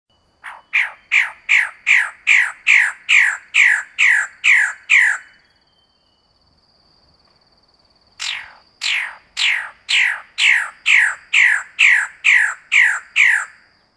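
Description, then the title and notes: Bird uttering rasping, downward-sliding squawks about twice a second, pausing for roughly three seconds with a faint steady tone, then resuming the same rhythm. "Bird Sound. Kicau Burung Lengkap"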